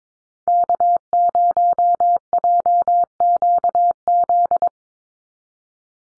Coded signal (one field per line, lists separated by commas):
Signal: Morse code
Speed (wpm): 22 wpm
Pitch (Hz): 700 Hz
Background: none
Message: K0JQZ